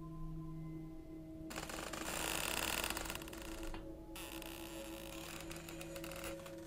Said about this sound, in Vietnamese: Bỗng nhiên, ở bên dưới nhà, chỗ gầm cầu thang, có tiếng lục cả lục cục, cót ca cót két vang lên.